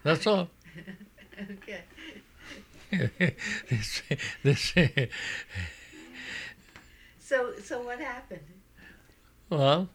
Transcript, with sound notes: That's all.
Okay. (laughs) So what happened?
Huh?